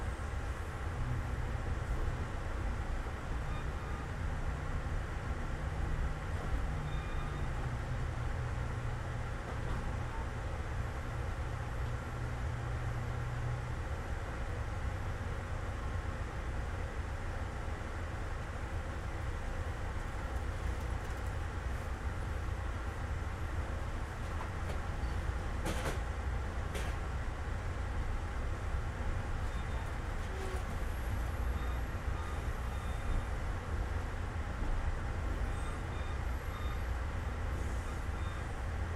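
A steady, dense rumble fills the inside of a moving train, heavy in the low end with a constant hiss above. A low droning tone holds for the first fourteen seconds, and brief clicks and rattles stand out around twenty-six and twenty-seven seconds.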